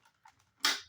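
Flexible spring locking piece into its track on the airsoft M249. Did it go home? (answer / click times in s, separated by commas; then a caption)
yes / 0.6 s. A flexible spring locking piece on an airsoft M249 is pulled back and fitted into its track. Two faint ticks at about 0.3 and 0.4 seconds lead up to a sharp, bright snap at 0.7 seconds that rings out and fades. The snap marks the piece locking into its track, seated.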